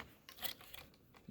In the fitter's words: it down into place there we go you heard it pop into place that's